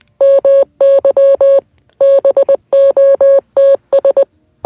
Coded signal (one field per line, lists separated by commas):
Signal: Morse code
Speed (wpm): 20 wpm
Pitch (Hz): 550 Hz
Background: none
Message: MY BOTS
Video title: Morse code